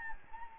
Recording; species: mosquito wingbeat signal from an infrared sensor; Anopheles gambiae